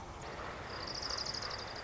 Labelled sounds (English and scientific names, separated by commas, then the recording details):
Orange-crowned Warbler (Leiothlypis celata)
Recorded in Sonoma County, California